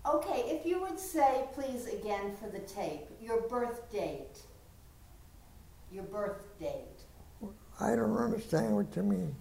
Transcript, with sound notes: Ok, if you could say again, please, for the tape, your birthdate. [pause] Your birthdate.
I don't understand what you mean.